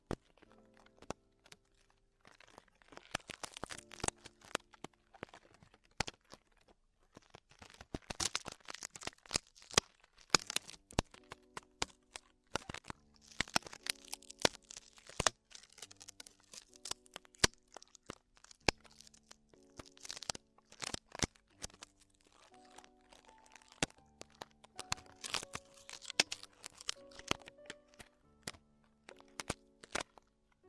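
Extremely tingly ear exploration: dense bursts of crisp crackling and crunching, like crinkling material, come in rapid clusters through the whole half-minute with brief quieter gaps. Under the crackle, soft steady tones hold and shift in pitch, and a few higher tones appear near the end.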